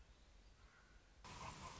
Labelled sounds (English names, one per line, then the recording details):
Common Raven
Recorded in Sonoma County, California